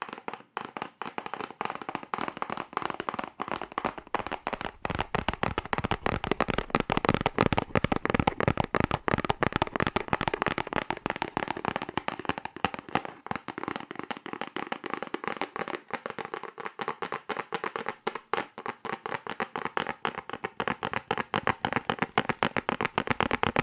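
Fast, aggressive tapping on cardboard, with dense sharp knocks following one another in rapid bursts for the whole stretch. The taps are crisp and hollow, mostly mid and bright, their pace uneven, speeding into tight flurries and briefly thinning near the middle and end.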